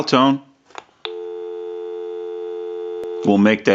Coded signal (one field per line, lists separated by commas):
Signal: telephone call progress tone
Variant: North America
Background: speech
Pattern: dial tone